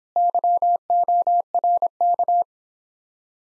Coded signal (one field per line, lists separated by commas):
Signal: Morse code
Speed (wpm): 26 wpm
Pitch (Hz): 700 Hz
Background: none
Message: YORK